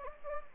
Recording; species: mosquito wingbeat signal from an infrared sensor; Anopheles gambiae